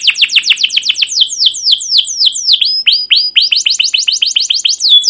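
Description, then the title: Canary song: a rapid series of sweeping downslurred chirps; no other sounds. Canary song used as a lure (pancingan) to train other canaries to sing; described as gacor, long rolls with cuit cuit notes. "CUIT CUIT NGEROL LANGSUNG GACOR PANJANG Kenari Ini AMPUH Utk Pancingan KENAR. Masteran Suara Burung Kenari Gacor Panjang cuit cuit Ngerol untuk Pancingan Kenari!"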